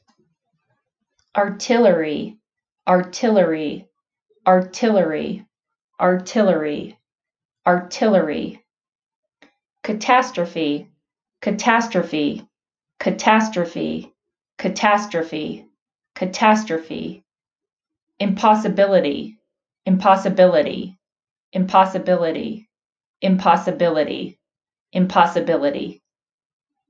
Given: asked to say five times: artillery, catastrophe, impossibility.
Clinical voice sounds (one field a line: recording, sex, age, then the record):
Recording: three words, each repeated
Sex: female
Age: 40 to 49 years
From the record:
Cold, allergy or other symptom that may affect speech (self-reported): no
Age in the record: 45 years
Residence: Colorado, United States